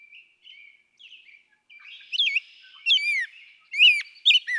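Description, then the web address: Rose-breasted Grosbeak song beginning with soft, faint warbling notes, then several louder rich whistled phrases toward the end. "birdsongforthecurious songs Rose-breasted Grosbeak"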